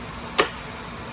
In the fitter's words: you hear the pop